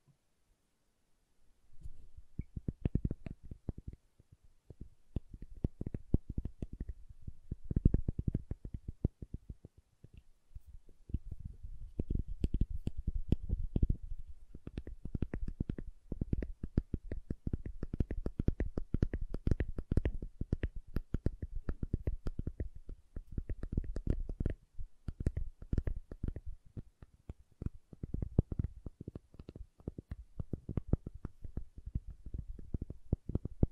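Soap is tapped and carved in a dense run of quick, dull knocks and scrapes that begins after about two seconds of quiet. The sounds are mostly low and soft, with some brighter clicks, and the busy irregular rhythm keeps going to the end.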